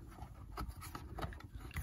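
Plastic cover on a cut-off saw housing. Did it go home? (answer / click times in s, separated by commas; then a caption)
yes / 1.8 s. A new replacement plastic cover, fitted because the original was missing, is pressed onto the housing of a Stihl TS410 cut-off saw. Soft handling rustles and a few light taps around 0.9, 1.3 and 1.4 seconds lead to a sharp click at 1.8 seconds as the cover seats into place.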